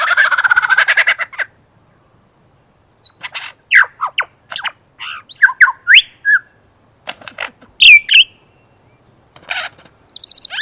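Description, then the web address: Superb lyrebird song: a harsh, buzzy opening phrase, then a quick medley of sharp whistles, slurred notes and clicks, with brief pauses between bursts. "earth naturelibrary assets s su superb lyrebird"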